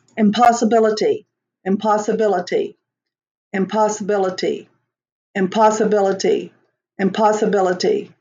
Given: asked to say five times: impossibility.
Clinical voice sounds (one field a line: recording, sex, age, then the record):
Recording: repeated word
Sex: female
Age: 60 to 69 years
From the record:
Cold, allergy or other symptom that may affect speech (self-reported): no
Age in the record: 68 years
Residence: Tennessee, United States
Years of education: 12